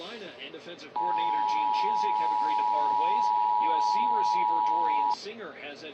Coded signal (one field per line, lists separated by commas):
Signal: Emergency Alert System (SAME) tones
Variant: 853 and 960 Hz attention tone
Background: speech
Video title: WELCOME TO 2024... EAS Tests from 1/2/24 - 1/3/24 (EAS #3,449 - 3,464)